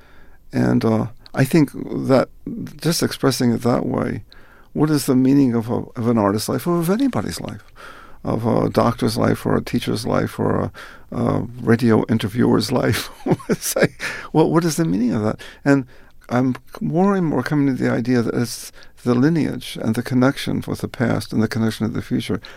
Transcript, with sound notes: And I think that just expressing it that way - what is the meaning of an artist's life or of anybody's life?- of a doctor's life or a teacher's life or a radio interviewer's life? (Laughter). What is the meaning of that?
And I'm more and more coming to the idea that it's the lineage and the connections with the past and the connection to the future.